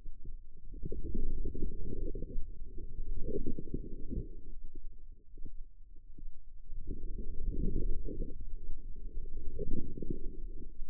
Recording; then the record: forearm muscle sounds (acoustic myography)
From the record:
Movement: inward rotation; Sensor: system 2, bracelet of six BSWA MPA416 microphones around the upper forearm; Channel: 2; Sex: female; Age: 25 years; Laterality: right